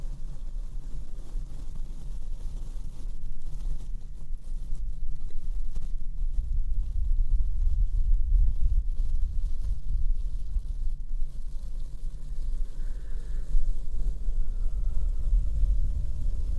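Slow brushing and blowing across a microphone makes a heavy, low rumble that runs the whole time, swelling louder from about 7 to 10 seconds. Faint scratchy ticks sit above it, and a soft whistle-like tone surfaces briefly around 13 seconds.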